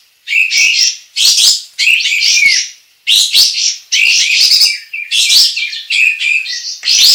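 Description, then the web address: Sooty-headed bulbul song in loud, rich bursts of fast chattering and warbled notes, each phrase lasting about a second with brief pauses between, no other sounds clear. Indonesian local name kapas tembak; described as gacor, singing actively and persistently. "kapas-tembak suara-kapas-tembak-gacor"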